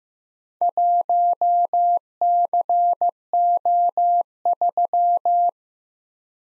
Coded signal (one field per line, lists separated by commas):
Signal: Morse code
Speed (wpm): 15 wpm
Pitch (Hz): 700 Hz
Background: none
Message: 1CO3